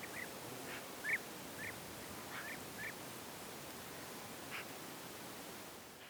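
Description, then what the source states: Bird calls: a handful of short chirps in the first three seconds, then mostly steady hiss with one faint note later. Birds in a field, given as background ambience.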